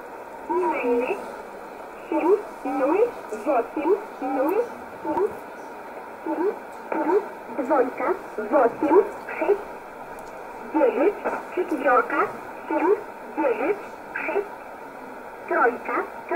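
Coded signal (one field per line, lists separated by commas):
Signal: numbers station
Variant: S11a Cherta, Russian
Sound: voice reading short words in steady groups with pauses, thin radio audio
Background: radio static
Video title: 01 06 2020 S11a Cherta Numbers station in Russian 0708 on 9339 unknown tx site in USB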